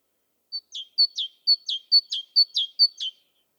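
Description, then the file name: Great tit giving a run of about six bright see-saw phrases, a high pure note dropping to a lower slurred one, evenly repeated with no other sounds. "Parus major"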